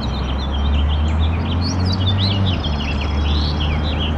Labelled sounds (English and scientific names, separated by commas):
House Finch (Haemorhous mexicanus) song